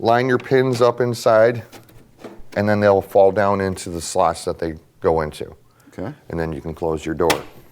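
Someone talks while handling the plastic side door of a Gaggia Brera espresso machine during a flow meter wire connection check, lining up the door's pins so they drop into their slots on the machine body before closing it. The door has not seated or clicked yet.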